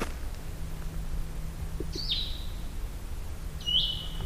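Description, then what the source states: Blue-headed Vireo song: two short, sweet slurred whistled phrases separated by a pause, over a low steady hum. Recorded in the Allegheny National Forest; song described as similar to the Red-eyed Vireo's but a lot sweeter sounding.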